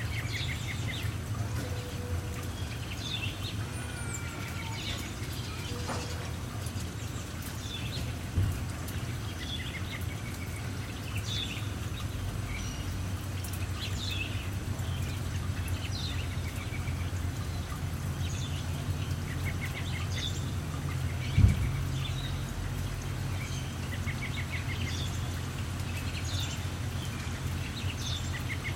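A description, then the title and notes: Steady light rain patter and a low traffic rumble underlie frequent short bird chirps and calls, with brief thuds near 8 and 21 seconds. Suburban Soundscape 001: Light Rain, Birds, Vehicles. The usual birds chirping away. Sounds from my neighborhood on a day with some light rain.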